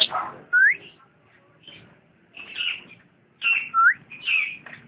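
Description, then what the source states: Lovebird song in short bursts of chattering notes with rising whistled squeaks, separated by brief quiet gaps. Champion lovebird singing.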